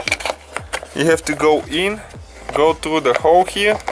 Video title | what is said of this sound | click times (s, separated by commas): BMW E46 P0070 Fix: Ambient Air Temp Sensor Replacement & Wiring Repair | push it in until it clicks. | 0.1 s